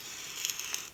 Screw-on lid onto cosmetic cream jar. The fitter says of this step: and you'll sort of hear like these little clicks but it's just sort of it's sealing